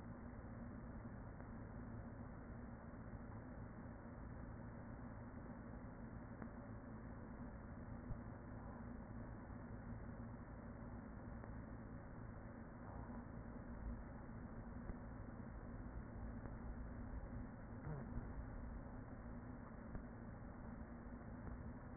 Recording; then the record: honeybee colony, microphone inside the hive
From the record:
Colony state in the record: queen present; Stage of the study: after two queens were removed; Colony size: about 40,000 bees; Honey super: no